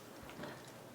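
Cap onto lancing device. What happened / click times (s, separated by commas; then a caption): The plastic cap snapped into place / 0.4 s. The plastic cap is pushed back onto the lancing device from an Accu-Chek Nano kit with its notch lined up. It snaps into place with a short, sharp click at 0.4 s over a steady low background. The cap is seated.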